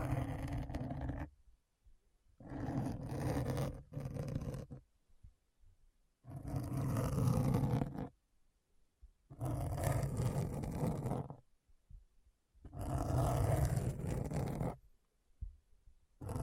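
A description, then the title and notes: Scratching comes in rough bursts about one and a half to two seconds long, six in all, separated by silent pauses. Each stroke is dense and grainy, a deep rumbling rasp topped with bright hiss, and a few faint clicks sit in the gaps. ASMR Deep Brain Scratch (No Talking).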